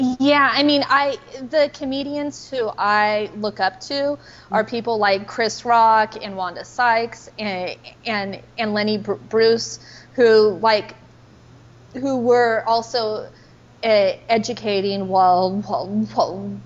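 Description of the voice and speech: A woman speaks with part-word repetitions, prolonged sounds and silent blocks, the pattern of stuttering.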